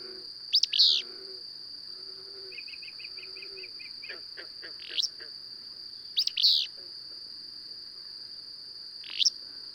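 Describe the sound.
Bird song: loud sharp chirp bursts plus a quick run of short, evenly spaced notes, over a continuous high whine.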